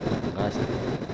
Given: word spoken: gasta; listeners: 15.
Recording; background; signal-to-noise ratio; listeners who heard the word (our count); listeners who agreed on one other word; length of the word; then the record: one Spanish word in noise, from a listening test; noise modulated by three-talker babble; -6.0 dB; 1 of 15; 8 of 15; 0.74 s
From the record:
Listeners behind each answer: 8, 2, 1, 1, 1, 1, 1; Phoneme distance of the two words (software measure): 10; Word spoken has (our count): 2 syllables, 5 phonemes, stress on syllable 1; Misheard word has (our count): 2 syllables, 5 phonemes, stress on syllable 1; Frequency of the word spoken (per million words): 4.99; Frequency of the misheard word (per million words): 41.47